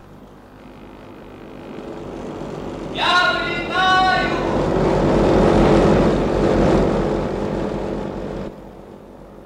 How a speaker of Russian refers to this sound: Самолет на старт! Есть самолет на старт!